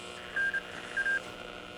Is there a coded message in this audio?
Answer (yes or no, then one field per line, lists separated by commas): no